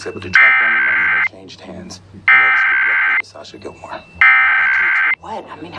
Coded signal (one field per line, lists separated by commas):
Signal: Emergency Alert System (SAME) tones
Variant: header bursts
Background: speech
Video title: National EAS Test (2018) WSBTV Atlanta